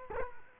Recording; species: mosquito wingbeat signal from an infrared sensor; Culex quinquefasciatus